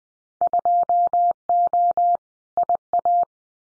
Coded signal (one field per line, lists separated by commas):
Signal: Morse code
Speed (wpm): 20 wpm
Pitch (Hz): 700 Hz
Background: none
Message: 2O IA